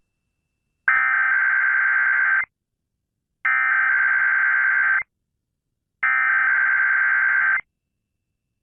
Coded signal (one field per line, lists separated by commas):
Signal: Emergency Alert System (SAME) tones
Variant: header bursts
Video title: Kdka test eas #4